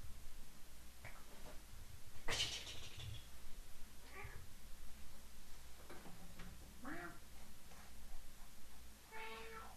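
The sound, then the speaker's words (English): A female house cat meows several times at irregular intervals, each call a short, wavering, mid-pitched cry, over a steady low hum, with a sharp knock or thump early on. “She'll be howling to be let back in.”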